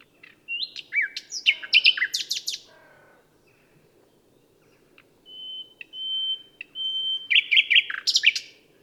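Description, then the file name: Common nightingale singing jumbled loud whistles and slurs, a quiet pause, then a long pure tone broken by clicks and a final burst of sharp notes. "Luscinia megarhynchos"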